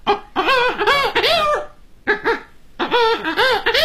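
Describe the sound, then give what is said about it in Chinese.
A vocal mimicry performer imitates an old hen and a rooster with their mouth using circular breathing, combining three sound pieces to mimic several animals at once: bursts of rapid, warbling harmonic clucks in three groups separated by short pauses, loud and with no speech. “你比如说，老母鸡，是吧？它这种声音，用那个雄鸡的声音。”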